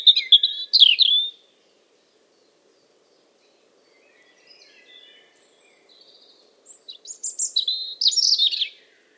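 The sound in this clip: Bird singing a brief high twittering phrase, going quiet with soft scattered notes, then a series of bright varied chirps near the end.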